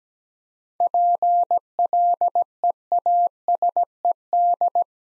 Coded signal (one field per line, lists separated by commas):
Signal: Morse code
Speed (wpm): 17 wpm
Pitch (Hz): 700 Hz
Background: none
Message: PLEASED